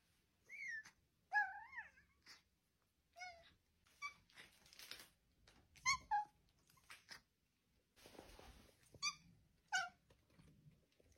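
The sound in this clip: Cat giving short high mews, thin wavering notes that rise and fall, scattered singly and in pairs, with soft rustles and two brief hisses of noise.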